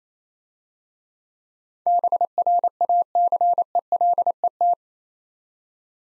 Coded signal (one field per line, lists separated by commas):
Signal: Morse code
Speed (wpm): 26 wpm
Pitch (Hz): 700 Hz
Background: none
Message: BRACELET